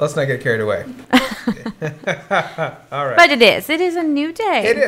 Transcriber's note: laugh